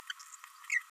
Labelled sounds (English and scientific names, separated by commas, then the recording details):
Green-rumped Parrotlet (Forpus passerinus) babbling
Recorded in a nest box in Venezuela
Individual 18B104A3